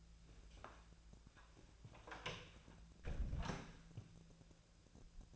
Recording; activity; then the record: daily activity, microphone in the room; close door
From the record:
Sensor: 2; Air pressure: 1000.4 hPa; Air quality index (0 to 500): 172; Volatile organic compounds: 3 ppm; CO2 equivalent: 1433 ppm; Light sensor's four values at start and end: 10/23/10/10 and 10/23/9/10